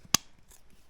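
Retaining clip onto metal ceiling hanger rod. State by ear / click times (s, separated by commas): seated / 0.2 s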